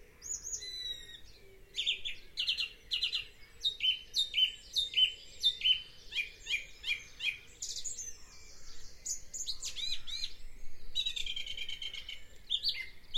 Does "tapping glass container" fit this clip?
no